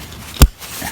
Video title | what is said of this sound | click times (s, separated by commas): ZOE XL1 DELUXE Comprehensive Review - Best Lightweight Travel Stroller of 2020 | so it just pops right in. | 0.4 s